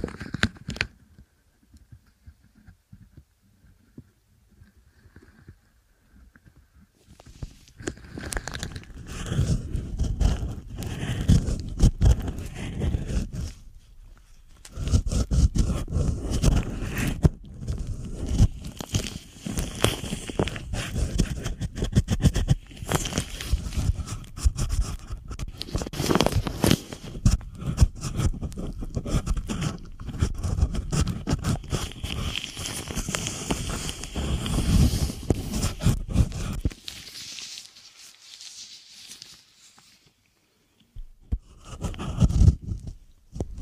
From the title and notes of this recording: ASMR INNER EAR CLEANING STRESS RELIEF.